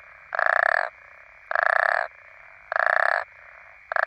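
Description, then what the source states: African common toad giving harsh, buzzy pulsed croaks of about half a second, spaced just over a second apart, over a continuous droning frog chorus. Several toads.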